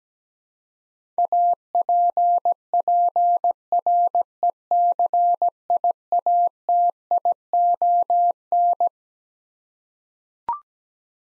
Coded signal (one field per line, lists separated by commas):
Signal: Morse code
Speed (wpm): 17 wpm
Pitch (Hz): 700 Hz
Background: none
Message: APPRECIATION